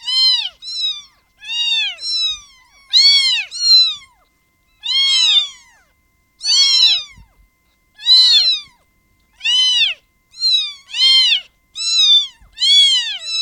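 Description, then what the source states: Cat: kittens meowing, high thin mews rising and falling in quick, uneven succession, roughly one every second, with brief quiet gaps between calls. Kittens, more than one young cat.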